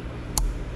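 A wiring harness plug is pushed onto its mating connector on a Mercury Verado V8 outboard engine. A single sharp, brief click sounds at 0.4 s over a low, steady background noise. The plug is confirmed seated on the connector.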